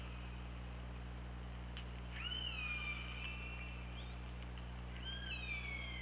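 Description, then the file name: Killer whale calls: a few sharp clicks, then harmonic whistle-like calls, the first gliding down and then held level, the last falling at its end, over a constant low hum. Recorded on the OrcaLab hydrophone, 24 August 2017, at 23:30:47. "Orca Lab UTLN JASON 20170824 233047 ORCALABDYNI"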